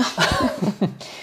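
An adult woman gives about three short, light, husky coughs within one second in a small room: a dry, irritating, annoying cough while recovering from a summer flu without fever.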